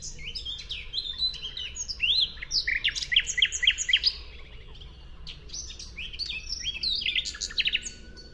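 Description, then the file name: Common nightingale song: varied rich phrases of clipped notes and brief trills. "Luscinia megarhynchos"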